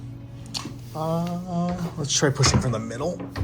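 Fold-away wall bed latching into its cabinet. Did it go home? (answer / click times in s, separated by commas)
no / none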